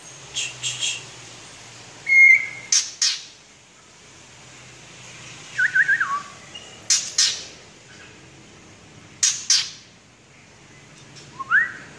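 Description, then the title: White-rumped shama song with harsh buzzy chattering bursts, a short whistle and falling slurred notes, separated by quiet pauses. "murai batu"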